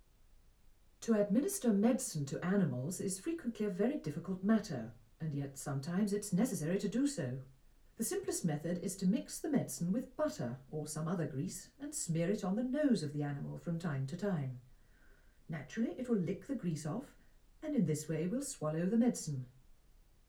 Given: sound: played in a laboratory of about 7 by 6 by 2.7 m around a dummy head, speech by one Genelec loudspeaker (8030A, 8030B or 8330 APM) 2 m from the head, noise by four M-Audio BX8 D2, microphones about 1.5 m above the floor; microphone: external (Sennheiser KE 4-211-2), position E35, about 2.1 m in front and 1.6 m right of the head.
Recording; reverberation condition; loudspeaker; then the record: female speech in English; low; 120 degrees to the left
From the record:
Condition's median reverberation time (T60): about 310 ms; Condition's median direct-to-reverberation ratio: about 3.5 dB